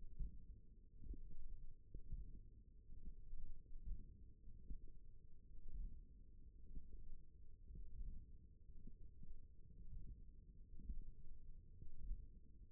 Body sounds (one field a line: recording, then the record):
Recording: forearm muscle sounds (acoustic myography)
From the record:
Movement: hook grip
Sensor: system 1, eight BSWA MPA416 microphones around the upper forearm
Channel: 4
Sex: female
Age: 21 years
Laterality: right